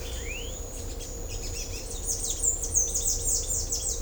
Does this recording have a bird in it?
yes